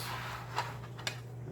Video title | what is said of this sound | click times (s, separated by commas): Episode #21 Pac-Man 2019 | pie pops right in there here | 1.1 s